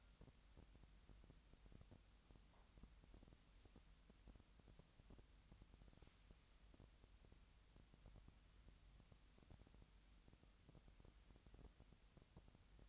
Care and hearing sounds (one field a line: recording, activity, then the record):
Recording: daily activity, microphone in the room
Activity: wipe stove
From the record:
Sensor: 3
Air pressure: 1003.2 hPa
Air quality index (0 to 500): 197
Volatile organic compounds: 6 ppm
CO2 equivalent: 1923 ppm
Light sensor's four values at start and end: 10/24/10/11 and 10/25/10/11